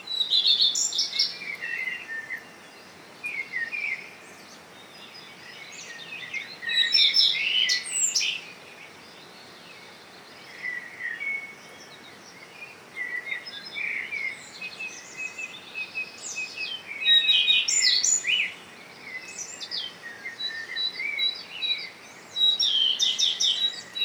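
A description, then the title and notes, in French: A common redstart sings in a garden at dawn, bright repeated phrases in bursts every few seconds over a soft steady background hiss. Premier chant du matin. Fourcinet - Valmaravel - Mixpr3 - mkh40 - stéréo. Je vous propose le chant d'un Rougequeue à front blanc dans mon jardin. Le torrent le Maravel à 200 mètres de là est trop bruyant. Mais ce matin de juin ce mâle était trop attirant pour mes microphones.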